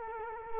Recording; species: mosquito wingbeat signal from an infrared sensor; Culex quinquefasciatus